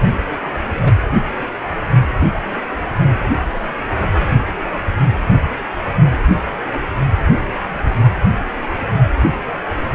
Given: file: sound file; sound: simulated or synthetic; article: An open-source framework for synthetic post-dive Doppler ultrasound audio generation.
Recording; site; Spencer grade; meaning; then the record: Doppler ultrasound audio after a dive; precordial; 1; Occasional bubble signal discernible with the cardiac motion signal, with majority of cardiac periods free of bubbles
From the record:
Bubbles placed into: full cardiac cycles